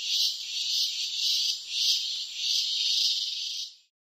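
Cicada buzzing in shrill throbbing pulses roughly twice a second, then the sound cuts off abruptly near the end, leaving silence.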